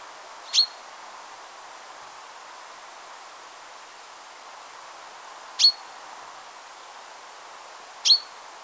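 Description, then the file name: Common chaffinch giving three short, sharp calls, spaced irregularly several seconds apart. "Fringilla coelebs"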